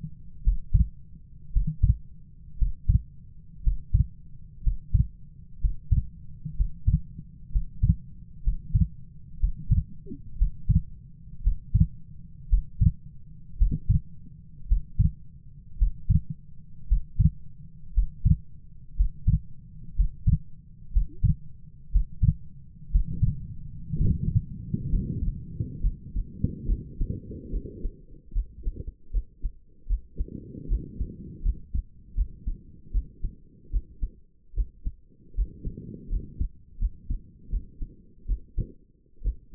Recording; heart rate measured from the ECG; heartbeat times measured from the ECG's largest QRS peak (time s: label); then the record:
heart sounds by stethoscope; 65 bpm
0.43 s: heartbeat
1.51 s: heartbeat
2.57 s: heartbeat
3.62 s: heartbeat
4.62 s: heartbeat
5.59 s: heartbeat
6.55 s: heartbeat
7.51 s: heartbeat
8.42 s: heartbeat
9.39 s: heartbeat
10.37 s: heartbeat
11.42 s: heartbeat
12.48 s: heartbeat
13.57 s: heartbeat
14.67 s: heartbeat
15.77 s: heartbeat
16.87 s: heartbeat
17.93 s: heartbeat
18.95 s: heartbeat
19.95 s: heartbeat
20.92 s: heartbeat
21.91 s: heartbeat
22.90 s: heartbeat
23.95 s: heartbeat
24.89 s: heartbeat
25.81 s: heartbeat
26.66 s: heartbeat
27.51 s: heartbeat
28.33 s: heartbeat
29.12 s: heartbeat
29.88 s: heartbeat
30.69 s: heartbeat
31.43 s: heartbeat
32.16 s: heartbeat
32.92 s: heartbeat
33.71 s: heartbeat
34.55 s: heartbeat
35.36 s: heartbeat
36.10 s: heartbeat
36.80 s: heartbeat
37.51 s: heartbeat
38.27 s: heartbeat
39.23 s: heartbeat
From the record:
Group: healthy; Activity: Valsalva maneuver 0-24 s, rest 24-40 s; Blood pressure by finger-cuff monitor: 87/50 mmHg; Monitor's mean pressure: 59 mmHg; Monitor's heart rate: 61 bpm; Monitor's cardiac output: 4.7 L/min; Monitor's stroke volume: 81 mL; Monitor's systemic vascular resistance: 830 dyn s/cm5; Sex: female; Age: 28 years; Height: 170 cm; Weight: 77 kg